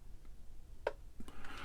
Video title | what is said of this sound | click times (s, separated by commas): STB1170 - Innoventions - RAMCHECK and SPEED VERIFIER - Teardown and demonstration | that little click was it dropping down into the original threads | 0.9 s